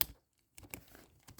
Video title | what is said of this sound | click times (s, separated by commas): FENDER'S HUGE BEYBLADE COLLECTION!!!!! | look you can't even hear that many clicks cuz it Doesn't Even attach that well | 0.6 s, 0.7 s